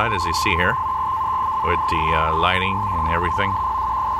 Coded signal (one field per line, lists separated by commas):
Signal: NAVTEX (SITOR-B)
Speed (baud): 100 baud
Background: speech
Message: TO 15 KT. SEAS 5 TO 7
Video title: decoding Boston Navtex digital mode Sangean ATS 909X2 with DroidNavtex app